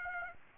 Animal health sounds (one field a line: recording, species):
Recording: mosquito wingbeat signal from an infrared sensor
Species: Aedes aegypti